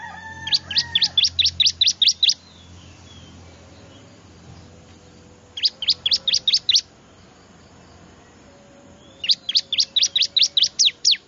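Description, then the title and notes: Bar-winged prinia delivering three bursts of fast, high chipping notes, about seven to ten per burst, with quiet gaps between them. Lure call used to attract wild small birds, described as noisy; prinia known locally as ciblek, in Indonesian. "Suara Pikat Burcil Ribut Ngabisin Burung Liar Ini. ciblek"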